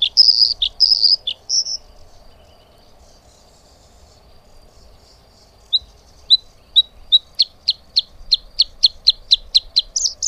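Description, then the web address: Bluethroat song: a few varied high warbled phrases, a pause, then sharp notes repeated faster and faster, ending in a brief twittering flourish. "Madardalok - Kékbegy"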